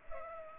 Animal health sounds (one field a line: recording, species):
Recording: mosquito wingbeat signal from an infrared sensor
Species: Culex pipiens